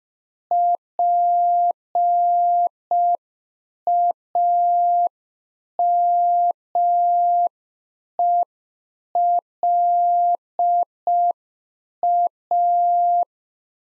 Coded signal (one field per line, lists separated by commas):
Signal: Morse code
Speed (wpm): 5 wpm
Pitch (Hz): 700 Hz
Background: none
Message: PAMELA